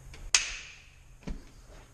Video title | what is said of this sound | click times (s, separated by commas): Chicken Crates | it down till you hear it click | 0.3 s